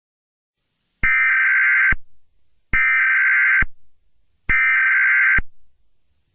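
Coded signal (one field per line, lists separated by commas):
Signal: Emergency Alert System (SAME) tones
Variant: header bursts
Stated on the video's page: Fictional EAS scenario.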